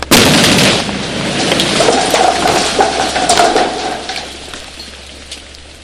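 A rock blast, the blasting of a rock of about 6 metres radius, goes off with a sudden loud boom, followed by a sustained roaring rumble of falling debris that slowly fades over several seconds, with no voices.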